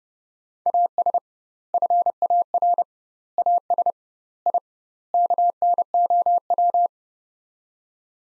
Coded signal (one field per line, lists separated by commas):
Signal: Morse code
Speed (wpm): 30 wpm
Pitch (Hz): 700 Hz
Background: none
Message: AS FAR AS I KNOW